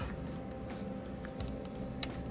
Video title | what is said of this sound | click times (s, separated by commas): SUPERCHARGED GASSER Gets SNIPER EFI 2! (How to Install Holley Sniper EFI 2) | Ooh, ooh, ooh! You hear that snap? That was good. That's quality. | 2.0 s